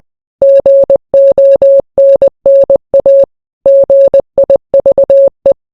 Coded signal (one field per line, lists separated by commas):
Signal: Morse code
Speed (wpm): 20 wpm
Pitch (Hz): 550 Hz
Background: none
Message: GONNA GIVE